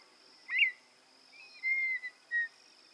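Campo miner call: a sharp note, then a longer level whistle and a short whistled note, with a continuous insect drone behind.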